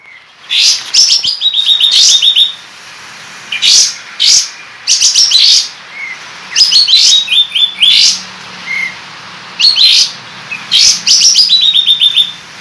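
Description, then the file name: Sooty-headed Bulbul song: clusters of sharp chirps with short buzzy trills, repeated in phrases with pauses between. Kapas tembak 'buka ekor' (tail-opening) song style, used for training cage birds. "suara kapas tembak buka ekor"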